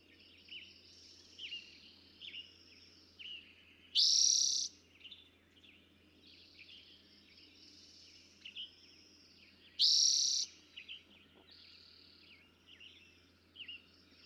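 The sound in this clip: Eastern towhee repeating a loud, dense trilled phrase twice, about six seconds apart, amid fainter chirps and whistles.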